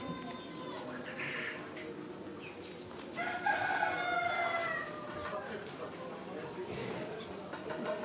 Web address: Morocco sound library by Faunethic - chicken hen and bird outdoor, voices and activity